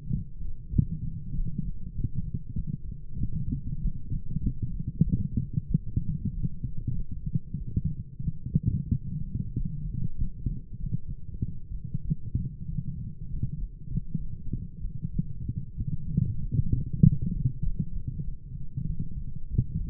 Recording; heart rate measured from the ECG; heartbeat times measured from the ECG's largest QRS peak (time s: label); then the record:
heart sounds by stethoscope; 96 bpm
0.09 s: heartbeat
0.70 s: heartbeat
1.31 s: heartbeat
1.92 s: heartbeat
2.53 s: heartbeat
3.16 s: heartbeat
3.78 s: heartbeat
4.39 s: heartbeat
5.01 s: heartbeat
5.65 s: heartbeat
6.30 s: heartbeat
6.92 s: heartbeat
7.55 s: heartbeat
8.21 s: heartbeat
8.89 s: heartbeat
9.52 s: heartbeat
10.14 s: heartbeat
10.76 s: heartbeat
11.39 s: heartbeat
12.02 s: heartbeat
12.66 s: heartbeat
13.27 s: heartbeat
13.87 s: heartbeat
14.48 s: heartbeat
15.11 s: heartbeat
15.75 s: heartbeat
16.37 s: heartbeat
16.98 s: heartbeat
17.60 s: heartbeat
18.21 s: heartbeat
18.84 s: heartbeat
19.48 s: heartbeat
From the record:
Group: healthy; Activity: light exercise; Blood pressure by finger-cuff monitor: 131/74 mmHg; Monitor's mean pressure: 93 mmHg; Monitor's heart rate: 97 bpm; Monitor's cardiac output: 7.9 L/min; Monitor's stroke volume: 83 mL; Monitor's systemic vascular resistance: 830 dyn s/cm5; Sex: female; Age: 26 years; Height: 165 cm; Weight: 55 kg